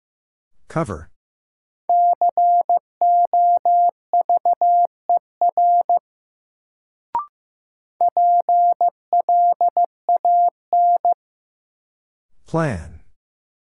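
A single steady tone taps out a word in Morse code, short and long beeps in two bursts split by a click, with brief swishes at either end.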